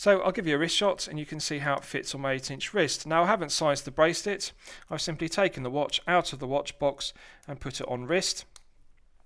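A man talks while putting a Cadisen C8189G chronograph watch, taken straight from its watch box with its stainless steel bracelet not yet sized, onto an 8-inch wrist. The bracelet's two-button push deploying clasp is being handled, but it has not clicked shut yet.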